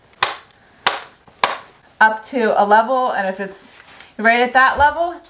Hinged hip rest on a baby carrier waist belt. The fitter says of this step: until you hear it snap and then you hear it click